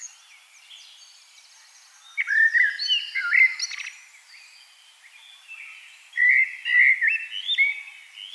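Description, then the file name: Common blackbird singing two phrases of low liquid whistles, each topped by a scratchy high twitter, with a quiet gap between them. "Turdus merula"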